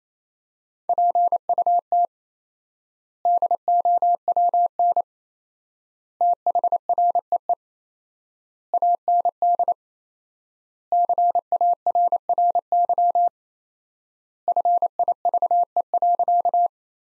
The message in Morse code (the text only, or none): PUT DOWN THREE AND CARRY FIVE.